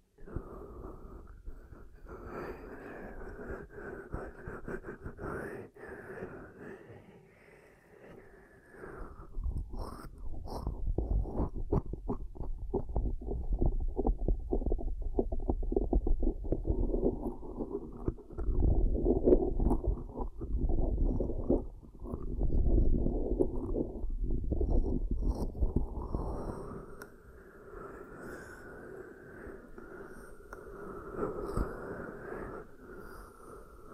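Hands cup and rub over the ears, making muffled, rumbling swishes that stay low and dull. In the middle stretch, from about ten to twenty-six seconds, the sound turns denser and louder, with quick fluttering pats. The start and end are softer and smoother.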